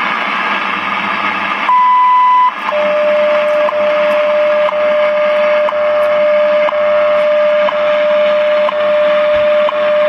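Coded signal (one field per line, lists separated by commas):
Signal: radio time signal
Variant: WWV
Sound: radio hiss with ticks each second, a brief high beep, then a steady lower tone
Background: radio static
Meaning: The 1000 Hz tone marks the start of a new minute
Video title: WWV 5 MHz band 3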